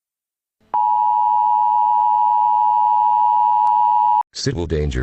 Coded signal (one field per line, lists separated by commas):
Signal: Emergency Alert System (SAME) tones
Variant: 853 and 960 Hz attention tone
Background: speech